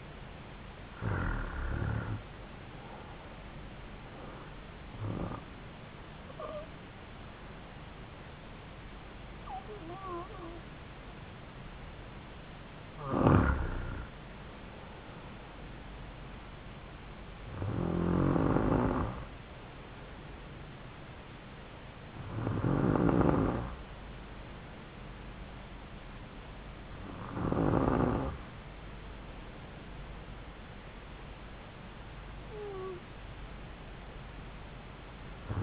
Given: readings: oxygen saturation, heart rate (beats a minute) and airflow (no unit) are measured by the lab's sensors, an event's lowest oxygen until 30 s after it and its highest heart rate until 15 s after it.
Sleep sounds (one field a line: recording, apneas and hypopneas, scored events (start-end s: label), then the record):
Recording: breathing in sleep by a voice recorder at the bedside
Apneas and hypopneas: none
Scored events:
none scored
From the record:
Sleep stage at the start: N2 (light sleep)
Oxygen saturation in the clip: 92 to 94%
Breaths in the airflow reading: 7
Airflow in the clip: -4.1 to 6.0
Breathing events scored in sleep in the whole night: 270 in 6.1 hours asleep